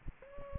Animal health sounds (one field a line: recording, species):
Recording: mosquito wingbeat signal from an infrared sensor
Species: Aedes aegypti